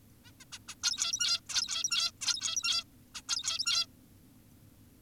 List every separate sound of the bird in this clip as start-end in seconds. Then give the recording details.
0.25-0.32, 0.40-0.45, 0.52-0.59, 0.68-0.75, 0.84-1.40, 1.49-2.12, 2.21-2.84, 3.15-3.22, 3.28-3.86. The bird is an adult. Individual g17y2U